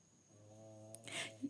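A low, steady droning tone breaks into a harsh, noisy snort: Jeffrey, a sleeping pug, snoring in the background.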